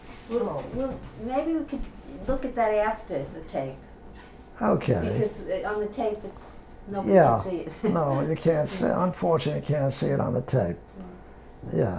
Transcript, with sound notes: Well, maybe we could look at that after the tape.
Okay.
Because on the tape it's, nobody can see it. (she laughs)
No, you can't see, unfortunately you can't see it on the tape. Yeah.